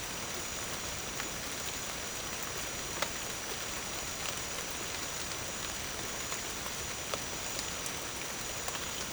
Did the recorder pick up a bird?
no